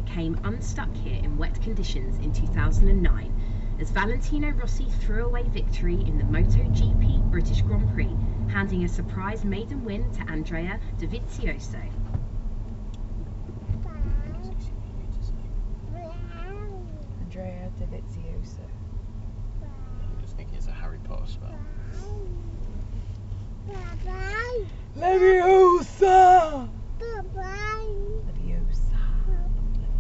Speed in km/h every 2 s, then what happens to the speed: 32, 32, 35, 35, 34, 31, 27, 21, 19, 18, 18, 16, 15, 18, 23.
0-6 steady at about 32. 6-23 slows to 15. 23-30 speeds up to 23.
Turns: none.